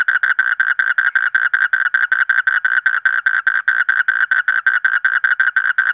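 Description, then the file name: Asian common toad calling in a steady series of short, buzzy pulses, held at one pitch throughout without a break. "suara kodok bangkong kolong kodok buduk"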